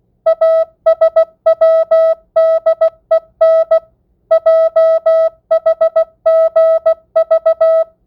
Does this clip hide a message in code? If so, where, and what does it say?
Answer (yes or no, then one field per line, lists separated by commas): yes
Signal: Morse code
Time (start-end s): 0.3-7.8 s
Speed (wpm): 16 wpm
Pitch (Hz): 650 Hz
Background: music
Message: ASWDEN JHGV